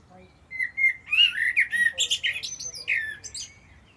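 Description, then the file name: Common blackbird song with gentle whistled notes building into a busy series of loud warbles and high, sharp squeaks before it trails off. "Turdus merula"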